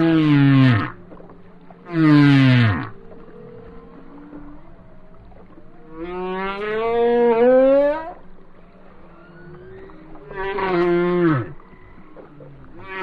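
Whale song with two short falling moans, then a long rising harmonic wail and a final falling cry, over a steady low hum.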